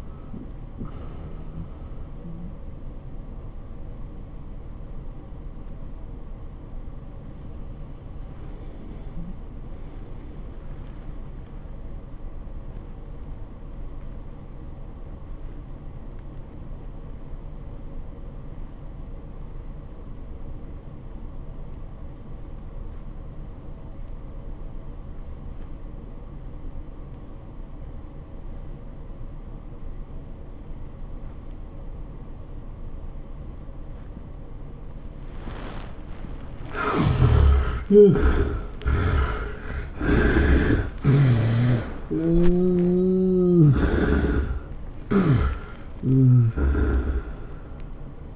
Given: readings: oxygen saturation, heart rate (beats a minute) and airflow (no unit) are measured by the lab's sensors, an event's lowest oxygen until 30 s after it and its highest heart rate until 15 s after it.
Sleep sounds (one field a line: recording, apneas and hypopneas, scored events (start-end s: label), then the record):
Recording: breathing in sleep by a smartphone at the bedside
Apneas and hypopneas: 1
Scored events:
5.00-38.20 s: hypopnea (REM, oxygen 97% highest, then 64% lowest, heart rate 99 at the start, 112 highest)
36.00-48.35 s: new sleep stage, N1 (lightest sleep)
From the record:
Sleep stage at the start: REM sleep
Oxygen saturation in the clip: 62 to 97%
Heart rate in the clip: 64 to 115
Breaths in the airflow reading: 9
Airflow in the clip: -14.3 to 12.2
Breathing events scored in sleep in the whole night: 403 in 5.5 hours asleep